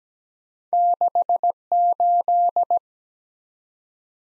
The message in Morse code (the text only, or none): 68